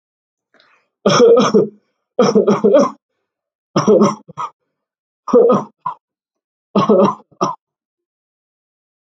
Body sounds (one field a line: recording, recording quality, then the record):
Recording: heavy voluntary cough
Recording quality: excellent, no background noise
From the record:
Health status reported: healthy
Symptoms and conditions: none ticked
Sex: male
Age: 25 years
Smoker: not ticked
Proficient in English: yes